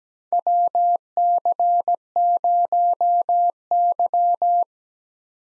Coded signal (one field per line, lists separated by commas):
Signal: Morse code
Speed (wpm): 17 wpm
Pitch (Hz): 700 Hz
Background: none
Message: WC0Y